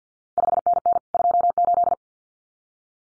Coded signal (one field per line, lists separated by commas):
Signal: Morse code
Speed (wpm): 50 wpm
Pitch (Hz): 700 Hz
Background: none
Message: 5NN 28